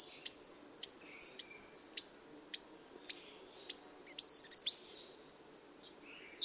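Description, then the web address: Bird song, a rapid repeated high whistled phrase with sharp ticks, roughly two a second, breaking into a buzzy flourish before falling quiet. "cianscape. Deverinetal 2025. Bird Only"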